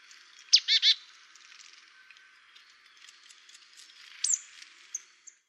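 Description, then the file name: Marsh tit call: a sharp note followed by a couple of buzzy, nasal notes in quick succession, then a later sharp high note and a few soft chips. "Poecile palustris"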